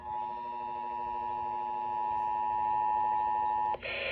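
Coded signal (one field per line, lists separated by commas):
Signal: Emergency Alert System (SAME) tones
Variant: 853 and 960 Hz attention tone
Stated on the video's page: Tornado drill and weekly/monthly test tones carried over NOAA Weather Radio and FM broadcast stations.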